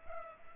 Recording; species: mosquito wingbeat signal from an infrared sensor; Culex pipiens